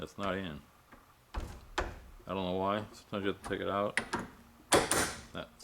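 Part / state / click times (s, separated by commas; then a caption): flaring die in flare tool die holder / seated / 4.7 s, 4.9 s. A flaring die, taken out and reinserted into the die holder of an Eastwood flare tool, seats with two quick snaps at 4.7 s and 4.9 s. Someone talks before the snaps.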